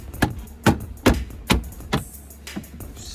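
A plastic interior trim panel in an SUV's rear cargo area, near the spare tire, is pressed back onto the body over hidden camera wiring. Its clips give sharp snaps at 0.2, 0.7, 1.1 and 1.5 seconds, followed by fainter knocks. The panel is seated in place.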